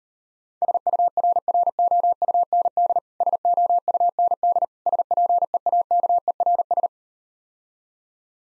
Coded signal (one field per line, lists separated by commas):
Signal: Morse code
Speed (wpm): 38 wpm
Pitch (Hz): 700 Hz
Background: none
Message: SURROUND SOUND SPEAKERS